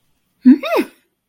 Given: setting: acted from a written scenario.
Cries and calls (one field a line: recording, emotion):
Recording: vocal sound without words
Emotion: triumph